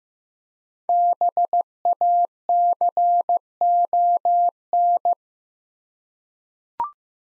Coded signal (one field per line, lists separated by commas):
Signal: Morse code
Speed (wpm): 15 wpm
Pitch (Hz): 700 Hz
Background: none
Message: BACON